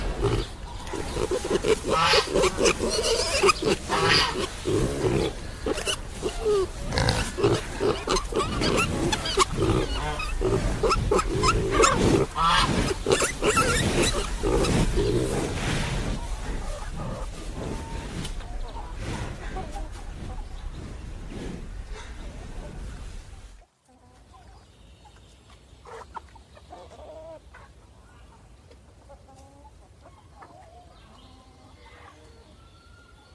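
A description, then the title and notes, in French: Farm animals grunt and squeal in a dense, noisy jumble that fades gradually, then cuts off at 23 seconds to quiet with faint bird calls. A la ferme avec ses animaux.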